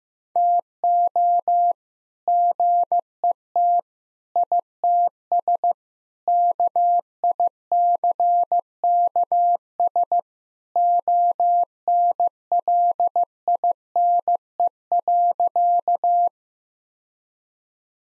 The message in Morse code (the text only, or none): TO GET ITS KICKS ONLINE.